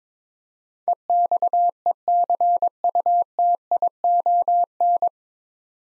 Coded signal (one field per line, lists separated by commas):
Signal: Morse code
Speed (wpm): 22 wpm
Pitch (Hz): 700 Hz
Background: none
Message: EXECUTION